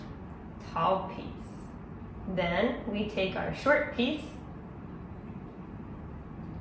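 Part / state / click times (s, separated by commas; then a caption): short plastic piece going onto a toy train caboose / not seated / none. A short plastic piece from a toy train kit is picked up and readied to go on top of the caboose while someone talks in short bursts around 0.8–1.0 s and 2.3–4.3 s over a quiet background. The piece has not been pushed home, and nothing has clicked or seated yet.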